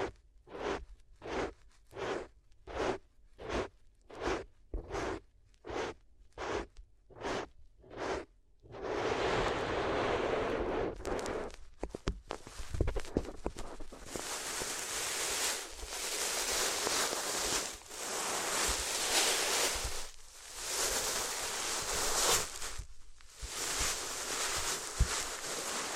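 Paper ear sounds: for the first nine seconds, quick regular bursts of crinkling paper come and go about twice a second. Then the rustling turns continuous and dense, a bright crackling scrape with brief pauses and a few sharper taps near the end.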